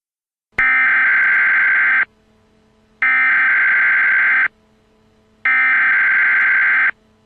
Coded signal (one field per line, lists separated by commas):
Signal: Emergency Alert System (SAME) tones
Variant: header bursts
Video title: Scary Talk Podcast - Episode 101: Emergency Alert Systems